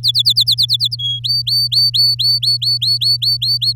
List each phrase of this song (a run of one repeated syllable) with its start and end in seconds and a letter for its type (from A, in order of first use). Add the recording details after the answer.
0.03-0.96 A, 0.99-1.19 B, 1.24-3.73 C. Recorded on 8 May 2018 at 10:43. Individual llb16